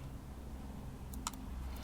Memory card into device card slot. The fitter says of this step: just slide in and then push it down till it clicks just